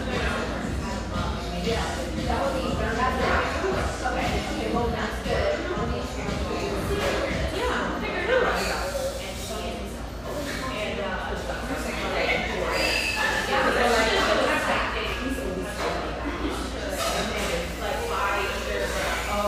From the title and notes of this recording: Enjoy the sounds of this extremely happy, sunlit café, a brief walk from the famous Santa Monica pier.